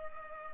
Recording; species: mosquito wingbeat signal from an infrared sensor; Culex pipiens